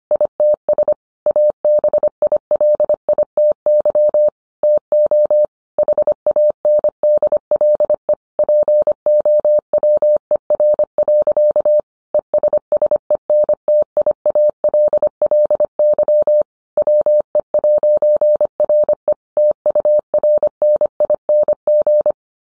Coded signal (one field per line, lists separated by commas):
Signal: Morse code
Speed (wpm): 25 wpm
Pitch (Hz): 600 Hz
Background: none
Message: ITS ABILITY TO HANDLE POWER. ESSENTIALLY WE'RE TURNING